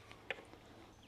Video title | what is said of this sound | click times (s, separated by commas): #45 «ЭТО НЕВОЗМОЖНО», говорили они. А НАМ ЗАЛИЛИ бетонную дорогу к дому! | Elle se clipse , la couleur correspond parfaitement | 0.3 s